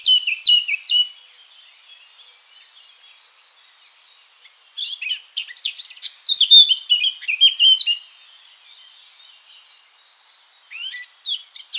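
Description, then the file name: Eurasian blackcap singing: a brief warble, a quiet pause, then a loud, rich, fast run of fluty and scratchy notes, with a short phrase near the end. "Sylvia atricapilla"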